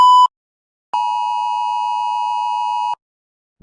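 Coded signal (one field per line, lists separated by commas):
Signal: Emergency Alert System (SAME) tones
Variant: 853 and 960 Hz attention tone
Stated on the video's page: Mock EAS alert, simulated hijacked broadcast.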